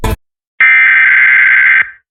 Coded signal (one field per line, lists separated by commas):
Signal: Emergency Alert System (SAME) tones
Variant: header bursts